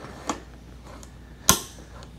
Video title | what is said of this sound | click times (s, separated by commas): 2025 Buzzaround LX (GB119) 📦 Unboxing & Assembly Tutorial Video | and it's going to click into place wherever you want it now as far as the armrests go | 1.5 s